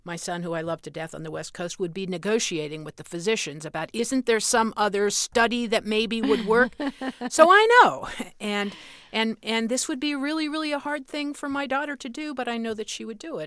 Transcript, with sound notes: My son who I love to death on the West Coast would be negotiating with the physicians about isn't there some other study that maybe would work?
(LAUGHTER)
So I know and this would be really, really a hard thing for my daughter to do but I know that she would do it,